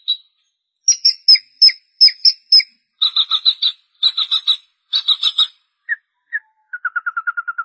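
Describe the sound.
Long-tailed shrike song, a varied medley: high whistled notes, then buzzy grouped bursts, single slurred notes and a fast trill of clipped notes at the end.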